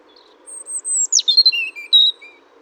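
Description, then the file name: European robin song opening with a very high, drawn-out thin whistle that slides steeply down, then several quick warbled notes and short clear whistles. "Erithacus rubecula"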